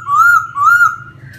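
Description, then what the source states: Laughingthrush giving two clear rising whistles in quick succession, then a softer trailing note, with a low hum beneath. Wild-type singing in the song style called 'giọng rừng' (forest voice).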